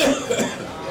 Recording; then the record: coughing mixed with background sound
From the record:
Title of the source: Residual Phlegmy Morning Coughing and Gagging